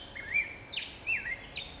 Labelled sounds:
Black-headed Grosbeak
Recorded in Sonoma County, California

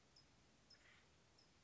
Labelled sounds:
Acorn Woodpecker
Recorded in Sonoma County, California

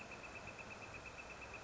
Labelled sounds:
Northern Flicker
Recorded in Sonoma County, California

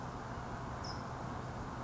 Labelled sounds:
California Towhee
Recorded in Sonoma County, California

